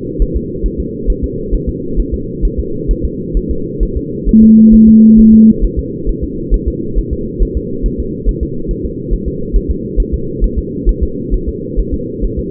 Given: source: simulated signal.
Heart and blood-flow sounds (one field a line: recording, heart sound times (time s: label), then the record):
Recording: fetal heart sounds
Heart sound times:
0.22 s: S1
0.36 s: S2
0.66 s: S1
0.80 s: S2
1.10 s: S1
1.24 s: S2
1.54 s: S1
1.69 s: S2
2.00 s: S1
2.14 s: S2
2.45 s: S1
2.59 s: S2
2.91 s: S1
3.05 s: S2
3.37 s: S1
3.51 s: S2
3.83 s: S1
3.97 s: S2
4.29 s: S1
4.43 s: S2
4.74 s: S1
4.88 s: S2
5.19 s: S1
5.34 s: S2
5.64 s: S1
5.79 s: S2
6.09 s: S1
6.24 s: S2
6.54 s: S1
6.68 s: S2
6.98 s: S1
7.13 s: S2
7.42 s: S1
7.57 s: S2
7.86 s: S1
8.00 s: S2
8.29 s: S1
8.43 s: S2
8.71 s: S1
8.85 s: S2
9.13 s: S1
9.28 s: S2
9.56 s: S1
9.71 s: S2
10.00 s: S1
10.14 s: S2
10.44 s: S1
10.58 s: S2
10.89 s: S1
11.03 s: S2
11.34 s: S1
11.49 s: S2
11.79 s: S1
11.94 s: S2
12.24 s: S1
12.39 s: S2
From the record:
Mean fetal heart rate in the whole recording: 135 bpm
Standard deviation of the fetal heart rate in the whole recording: 3 bpm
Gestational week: 36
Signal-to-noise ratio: -6.6 dB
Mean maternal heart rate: 72 bpm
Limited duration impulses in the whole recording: present